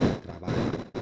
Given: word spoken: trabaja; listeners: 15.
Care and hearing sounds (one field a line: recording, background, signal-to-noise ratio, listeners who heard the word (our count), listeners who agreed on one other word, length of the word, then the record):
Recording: one Spanish word in noise, from a listening test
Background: noise modulated by one talker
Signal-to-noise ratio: -12.9 dB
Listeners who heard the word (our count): 2 of 15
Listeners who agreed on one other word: 10 of 15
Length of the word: 0.62 s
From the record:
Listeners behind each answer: 10, 2, 1, 1, 1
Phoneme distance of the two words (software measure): 10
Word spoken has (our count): 3 syllables, 7 phonemes, stress on syllable 2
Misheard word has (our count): 3 syllables, 7 phonemes, stress on syllable 2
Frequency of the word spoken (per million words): 38.79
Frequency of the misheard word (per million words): 507.85